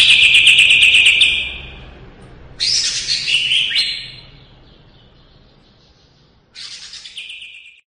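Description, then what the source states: Leafbird song of varied phrases: a bright trill, then a warbling whistled passage, and after a pause a final high phrase. Lively singing described as gacor, recorded in 2017.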